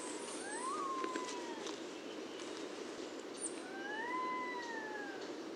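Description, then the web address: Resplendent quetzal gives two long whistles, each rising and then gliding slowly downward, separated by a pause, with a faint hiss behind. "sound Resplendent-quetzal. صدای-پرنده-درازدامن-درخشان"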